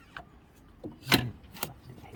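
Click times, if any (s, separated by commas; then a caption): none. During a full service on a 2017 VW Transporter T6 2.0D van, a second fuel line quick connector is pushed onto the diesel fuel filter housing, with quiet plastic handling and rubbing sounds and two brief sharp knocks around 1.1 and 1.6 seconds. Nothing has seated or clicked yet.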